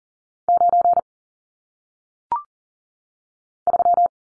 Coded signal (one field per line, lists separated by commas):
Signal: Morse code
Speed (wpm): 40 wpm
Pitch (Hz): 700 Hz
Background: none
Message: 9 3